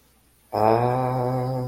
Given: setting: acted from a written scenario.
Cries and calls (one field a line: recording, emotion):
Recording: vocal sound without words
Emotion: confusion